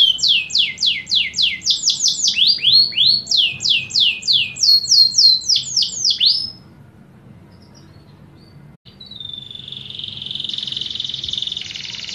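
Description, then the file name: Canary singing rapid repeated descending whistled notes for about six seconds, then near silence, followed by a steady high tone near the end. Champion canary song with elaborate phrasing (cengkok mewah), used as a tutor for training birds (masteran) and as a lure (pancingan). "Suara Burung Kenari Juara buat Masteran dan Pancingan"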